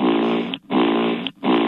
She fell asleep on the phone, and she was snoring. It's a little bit grouped together, but it's her snoring.